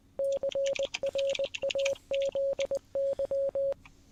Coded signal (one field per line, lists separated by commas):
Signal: Morse code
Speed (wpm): 20 wpm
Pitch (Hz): 550 Hz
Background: none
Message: CRAZY